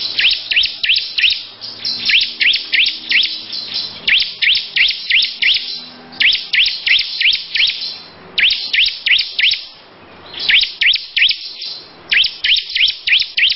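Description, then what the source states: Lovebird song made of long, rapid strings of shrill chirps, broken by a few short pauses. Long "ngekek" song.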